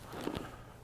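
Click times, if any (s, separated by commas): 0.4 s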